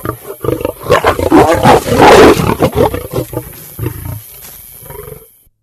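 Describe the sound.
Lion roaring, a deep broad roar swelling to a peak around two seconds, then trailing off in a series of shorter grunting pulses that fade out.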